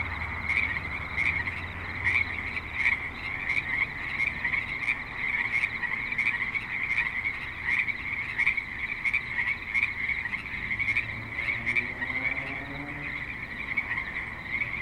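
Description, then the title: Frogs in a busy chorus of repeated raspy croaks, more than one a second, with a low rumble early on and a passing vehicle sound near the end. Creek in suburban Spanish Springs, Nevada; light traffic and other suburban sounds present. "Frogs in Spanish Springs, NV - creek view"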